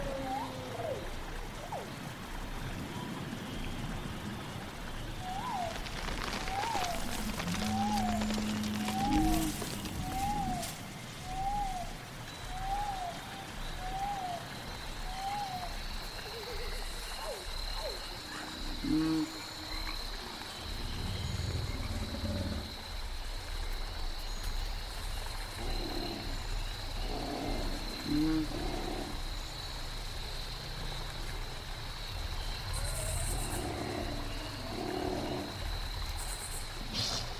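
A prehistoric forest ambience with a steady hiss and a thin, high insect-like drone running throughout. Between about six and sixteen seconds a creature gives a regular series of short chirping calls, while deeper croaks and grunts surface now and then, notably around nineteen and twenty-eight seconds.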